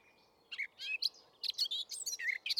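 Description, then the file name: Eurasian blackcap giving a short burst of scratchy chatter and brief whistled notes, fairly quiet against a soft low hiss. "Sylvia atricapilla"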